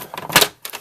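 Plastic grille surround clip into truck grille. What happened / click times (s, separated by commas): The plastic trim clip snapped home / 0.4 s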